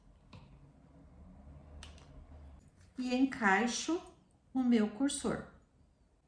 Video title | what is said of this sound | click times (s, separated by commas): Bolsa Flora para Notebook | Deu o clique, você já pode puxar aqui o seu cursor. | 1.8 s